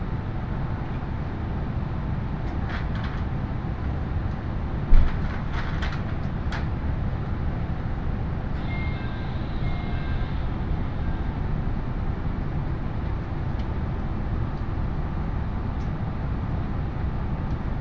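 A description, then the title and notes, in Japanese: A train ride on the Iida Line, from Tatsuno toward Inashi, with a steady, dense low rumble running throughout. Clicks and rattles cluster around five to six seconds, with a brief sharp knock near five. A faint squealing tone appears around nine to ten seconds. 鉄道旅 飯田線 辰野→伊那市。やってきたのは313系の2両編成。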